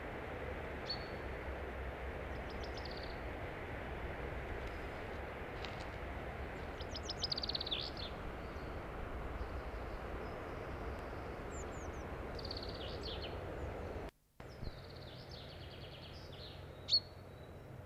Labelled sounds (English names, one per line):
Common Chaffinch